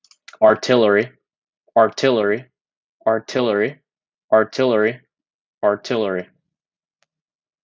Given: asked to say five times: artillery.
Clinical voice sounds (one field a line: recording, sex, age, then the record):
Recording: repeated word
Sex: male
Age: 20 to 29 years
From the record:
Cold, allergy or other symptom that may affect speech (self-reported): no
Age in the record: 20 years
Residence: Texas, United States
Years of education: 16